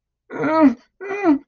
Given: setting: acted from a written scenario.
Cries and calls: vocal sound without words; distress

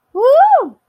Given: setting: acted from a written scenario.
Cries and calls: vocal sound without words; triumph

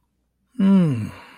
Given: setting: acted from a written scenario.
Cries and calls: vocal sound without words; contentment

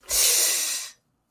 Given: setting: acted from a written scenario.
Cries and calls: vocal sound without words; pain

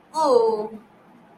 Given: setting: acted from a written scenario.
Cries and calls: vocal sound without words; shame

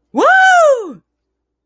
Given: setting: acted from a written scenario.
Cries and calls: vocal sound without words; triumph

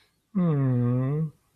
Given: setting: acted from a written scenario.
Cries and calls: vocal sound without words; serenity

